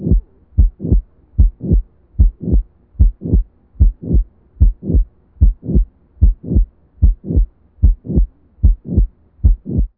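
Steady heartbeat at about 74 beats a minute, each beat a clear pair of low thuds, the first and second heart sounds. The rhythm is regular throughout. These are an adult's heart sounds heard through a stethoscope.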